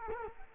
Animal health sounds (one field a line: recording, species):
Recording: mosquito wingbeat signal from an infrared sensor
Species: Culex quinquefasciatus